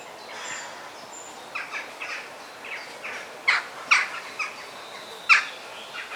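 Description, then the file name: Parrot giving harsh, rasping squawks in irregular bursts, a few sharp loud cracks in the second half, with thin high whistles early on over a steady forest hiss. Forest ambience. "Sounds of the Forest - The Parrot Song"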